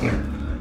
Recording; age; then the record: pig call; growing-finishing pig (85 days or more)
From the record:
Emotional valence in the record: negative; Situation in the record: barren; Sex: female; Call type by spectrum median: low-frequency call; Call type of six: low-frequency modulated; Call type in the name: low-frequency modulated, not sure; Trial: 3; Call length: 0.61 s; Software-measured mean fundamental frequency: 52 Hz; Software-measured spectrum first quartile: 116 Hz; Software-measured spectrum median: 278 Hz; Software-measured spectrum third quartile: 895 Hz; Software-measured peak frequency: 71 Hz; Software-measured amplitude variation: 144 dB a second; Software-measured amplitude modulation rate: 29.3 a second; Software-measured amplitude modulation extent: 4.9 dB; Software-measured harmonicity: -1.9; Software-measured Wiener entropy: -1.61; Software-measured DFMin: 1112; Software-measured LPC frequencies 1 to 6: 1458, 2301, 3529, 4335, 5135, 5721 Hz